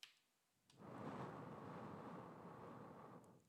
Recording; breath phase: one breath near a microphone; exhalation